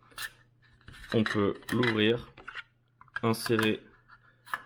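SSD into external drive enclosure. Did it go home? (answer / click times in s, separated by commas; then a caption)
yes / 4.5 s. An SSD is pushed into an opened external drive enclosure while someone talks, with faint rubbing and scraping handling sounds in between. A single sharp click at 4.5 s marks the SSD clipping into the enclosure, and it is seated.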